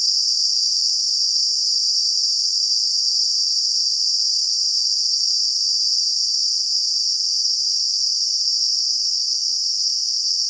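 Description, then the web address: Cicadas buzzing in a steady, unbroken high-pitched drone that holds at an even level throughout, with no other sounds. Cicadas in a garden. "WSPDatabase Analysis DVD Garden Cicadas"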